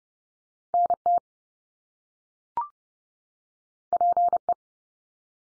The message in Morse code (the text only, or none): NT PE